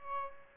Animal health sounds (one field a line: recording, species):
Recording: mosquito wingbeat signal from an infrared sensor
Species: Aedes albopictus